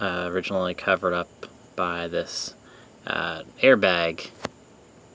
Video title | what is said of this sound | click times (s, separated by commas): PA15-VETTE Cadillac SRX - PART 1 of 2: Installation | uh cover here. Uh so this just pops off and there's one screw there | 4.4 s